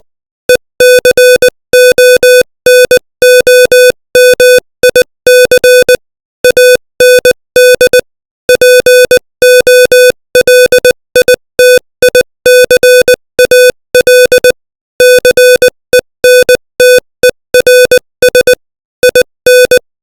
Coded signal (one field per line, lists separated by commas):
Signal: Morse code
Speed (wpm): 20 wpm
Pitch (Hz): 500 Hz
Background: music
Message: ECONOMIC AND POLITICAL CENTERS IN